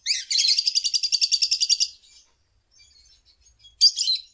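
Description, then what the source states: Lovebird ngekek song: one sustained, high, rattling trill of about two seconds made of rapid repeated notes, a soft twitter, then another loud trill starting. Ngekek song style of a lovebird, used as a bait song (kicau pancingan) to prompt other lovebirds to sing.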